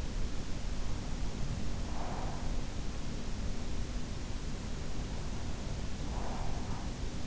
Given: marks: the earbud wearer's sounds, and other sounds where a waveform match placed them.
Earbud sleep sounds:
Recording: sounds in sleep by an in-ear microphone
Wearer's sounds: breath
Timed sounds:
1.41-2.75 s: breath
5.81-7.27 s: breath

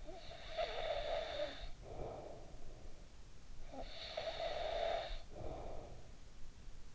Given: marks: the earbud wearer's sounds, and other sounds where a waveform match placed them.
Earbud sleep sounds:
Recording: sounds in sleep by an in-ear microphone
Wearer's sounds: snoring breath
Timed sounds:
0.09-2.95 s: snoring breath
3.46-6.95 s: snoring breath

